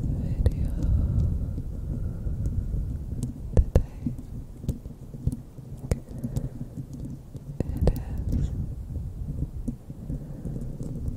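Close bare-mic scratching: a dense, low rumbling rub with sharp clicks and taps scattered throughout, brief bright scrapes near four and eight seconds.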